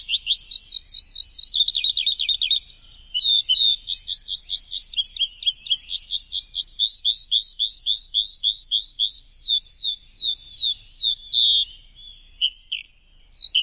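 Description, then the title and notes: Bird song: fast, varied high trills and whistled notes run almost without a break, shifting in pitch and ending in slurred, rising and falling phrases. Chirping bird sounds for training pet birds. "Suara Burung. Suara Kicauan Burung untuk memaster burung kesayangan"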